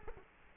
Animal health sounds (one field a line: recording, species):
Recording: mosquito wingbeat signal from an infrared sensor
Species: Culex quinquefasciatus